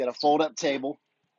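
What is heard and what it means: A fold-up table is being handled at its mount in the seating area of a Scout Boats 277 Dorado boat while someone talks for about one second, followed by silence. Nothing has seated or clicked into place yet.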